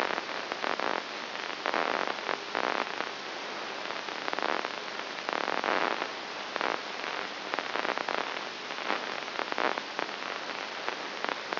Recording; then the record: brain microelectrode recording played as sound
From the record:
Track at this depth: inside the subthalamic nucleus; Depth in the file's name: 1.302 mm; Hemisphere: right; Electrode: 3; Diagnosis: Parkinson's disease